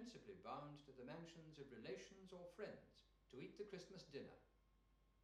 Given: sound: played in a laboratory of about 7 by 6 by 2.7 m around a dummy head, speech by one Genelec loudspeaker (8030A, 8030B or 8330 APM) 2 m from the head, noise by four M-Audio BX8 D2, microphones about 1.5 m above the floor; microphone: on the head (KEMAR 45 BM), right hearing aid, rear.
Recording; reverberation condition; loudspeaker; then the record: male speech in English; medium; 120 degrees to the right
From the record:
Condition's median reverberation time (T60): about 510 ms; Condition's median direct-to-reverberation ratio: about -0.5 dB